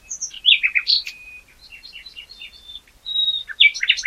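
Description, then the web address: Common nightingale song: varied rich phrases of whistles, quick slurred notes and a thin sustained whistle, changing pattern every second or so, with short pauses between. "SETE Luscinia megarhynchos"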